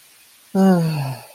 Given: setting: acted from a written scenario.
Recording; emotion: vocal sound without words; sadness